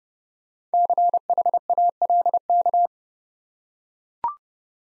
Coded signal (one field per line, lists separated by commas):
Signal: Morse code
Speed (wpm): 30 wpm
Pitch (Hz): 700 Hz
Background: none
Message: CHALK